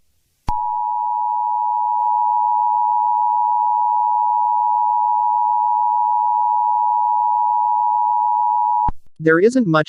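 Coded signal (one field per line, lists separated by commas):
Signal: Emergency Alert System (SAME) tones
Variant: 853 and 960 Hz attention tone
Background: speech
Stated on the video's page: Fictional EAS scenario.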